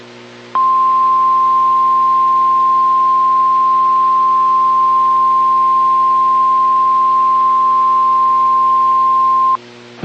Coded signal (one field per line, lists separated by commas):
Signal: Emergency Alert System (SAME) tones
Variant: 1050 Hz attention tone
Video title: EAS #2,340-2,346 Required Weekly Tests 10/22/25